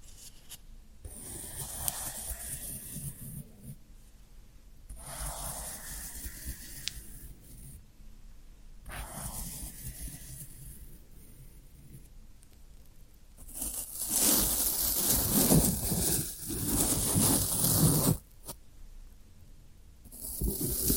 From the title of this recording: Satisfying Tingle Stimulating Floral Foam Sounds